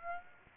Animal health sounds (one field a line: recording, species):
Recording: mosquito wingbeat signal from an infrared sensor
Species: Aedes aegypti